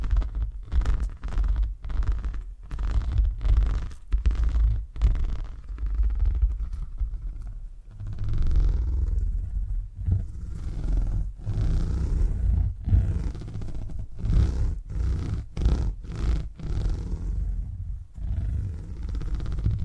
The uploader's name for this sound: ASMR Brain Tingly Purring Triggers